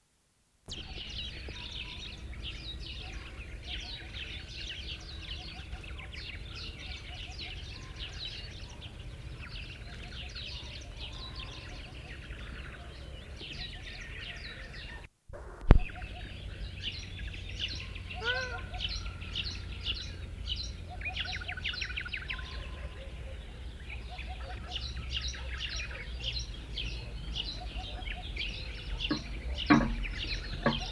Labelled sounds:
Ruddy Shelduck call

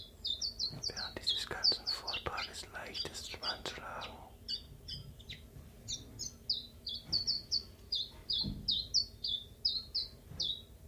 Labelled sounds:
Common Chiffchaff

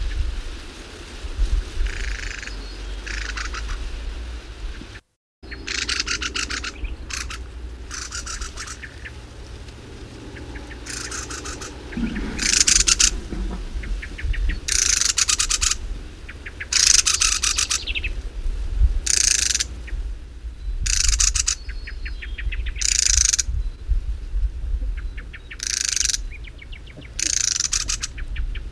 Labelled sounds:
Mistle Thrush call

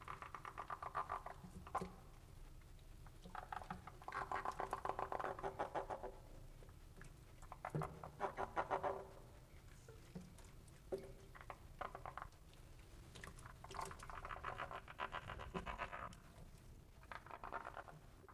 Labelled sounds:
Edible Frog call

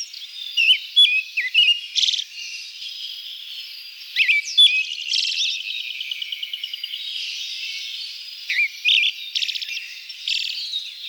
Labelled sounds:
Pale Thrush song

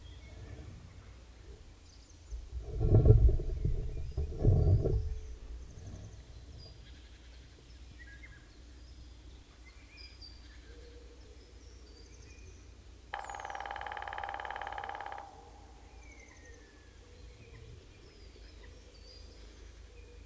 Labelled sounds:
European Green Woodpecker

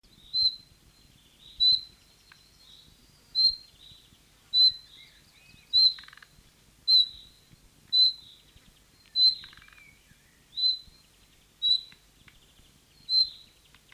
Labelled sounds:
Thrush Nightingale alarm call

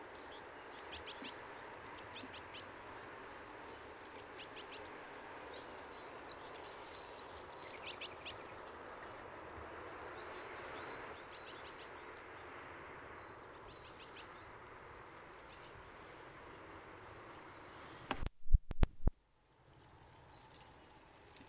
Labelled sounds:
Great Tit song

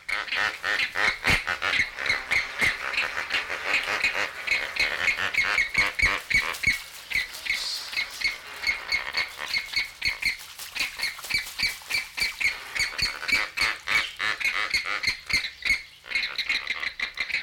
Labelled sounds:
Puna Ibis

